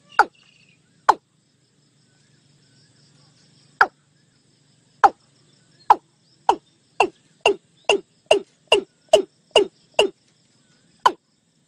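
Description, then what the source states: Watercock call series: spaced abrupt knocks that speed up into a rapid run of descending notes, then one final note, with faint low background hum. Watercock call from Thailand.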